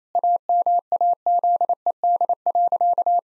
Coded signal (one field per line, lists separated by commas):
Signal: Morse code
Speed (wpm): 27 wpm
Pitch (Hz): 700 Hz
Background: none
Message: AMAZED.